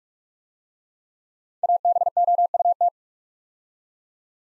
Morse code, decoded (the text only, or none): ABOUT